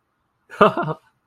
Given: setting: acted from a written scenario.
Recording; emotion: vocal sound without words; amusement